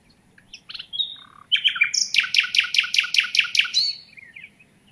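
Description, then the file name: Common nightingale singing: scattered whistled notes lead into a rhythmic run of loud, rapidly repeated rich notes, ending in a soft trailing phrase. "Luscinia megarhynchos"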